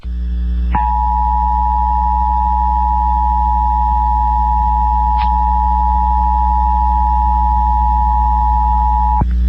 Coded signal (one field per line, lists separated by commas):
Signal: Emergency Alert System (SAME) tones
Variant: 853 and 960 Hz attention tone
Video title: WHAS-AM EAS Required Monthly Test (July 22, 2021) [Louisville, KY]